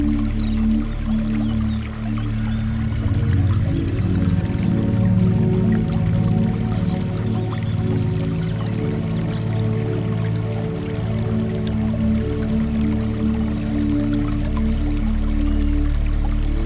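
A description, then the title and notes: Water runs steadily through a garden, a dense, continuous low gurgle and rush that barely changes over the whole stretch. The sound is heavy in the low end, with faint dripping and splashing flickering above it throughout. Water Running Through the Garden.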